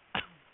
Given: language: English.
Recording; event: throat vibration sensor signal played as sound; cough